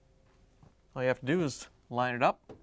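A plastic ice bucket for a Samsung icemaker assembly DA97-07592A is being lined up to go back into the refrigerator door compartment, where it will be pushed in until it locks. Someone talks throughout the clip over a faint low background hum. Nothing has seated or clicked yet.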